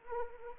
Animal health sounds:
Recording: mosquito wingbeat signal from an infrared sensor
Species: Anopheles arabiensis

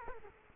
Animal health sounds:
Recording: mosquito wingbeat signal from an infrared sensor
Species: Culex quinquefasciatus

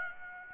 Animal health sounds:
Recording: mosquito wingbeat signal from an infrared sensor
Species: Aedes aegypti

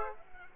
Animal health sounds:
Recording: mosquito wingbeat signal from an infrared sensor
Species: Aedes aegypti

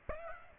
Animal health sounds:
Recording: mosquito wingbeat signal from an infrared sensor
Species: Aedes aegypti

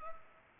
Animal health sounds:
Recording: mosquito wingbeat signal from an infrared sensor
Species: Culex pipiens

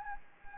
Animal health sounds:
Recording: mosquito wingbeat signal from an infrared sensor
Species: Anopheles gambiae

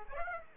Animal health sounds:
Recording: mosquito wingbeat signal from an infrared sensor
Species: Aedes aegypti

